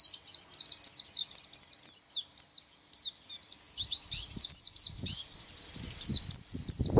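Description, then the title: White-eye song: fast, tinkling high chirps in a long run, briefly faltering, with low rustling bumps toward the end. "Pleci"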